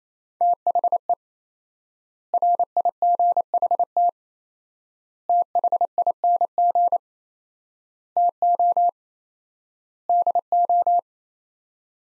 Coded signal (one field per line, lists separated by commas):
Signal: Morse code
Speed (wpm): 28 wpm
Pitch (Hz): 700 Hz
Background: none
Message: THE RIGHT THING TO DO